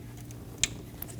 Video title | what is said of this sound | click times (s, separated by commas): How to Replace MAP Sensor 2012-2022 Volkswagen Passat 2.5L L5 | Install the connector. Push until you hear a click. | 0.6 s